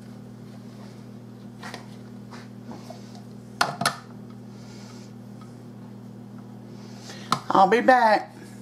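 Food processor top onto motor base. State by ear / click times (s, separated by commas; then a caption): not seated / none. Someone talks while handling the loose plastic top of a food processor against its motor base, and sharp short plastic knocks are heard around 3.6 s, 3.8 s and 7.3 s over a steady low hum. The top has not yet seated or clicked onto the base when the clip ends.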